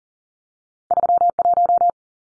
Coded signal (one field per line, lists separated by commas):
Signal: Morse code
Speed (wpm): 40 wpm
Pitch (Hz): 700 Hz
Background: none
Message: 31